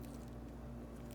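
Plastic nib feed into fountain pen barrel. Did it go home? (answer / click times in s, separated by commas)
no / none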